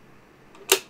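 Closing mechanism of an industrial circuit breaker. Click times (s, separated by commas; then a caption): 0.7 s. After its stiff mechanism is worked back into place, the closing mechanism of an old 1960s Merlin Gerin 550 V industrial circuit breaker is firmly re-engaged. A faint soft sound comes at 0.55 s, then a single sharp metal click at 0.7 s as the mechanism latches closed and the breaker works.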